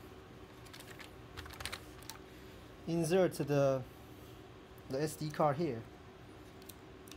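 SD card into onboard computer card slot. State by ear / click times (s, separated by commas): seated / 6.7 s, 7.1 s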